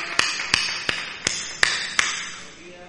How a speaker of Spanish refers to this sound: Por acá, un aplauso, claro.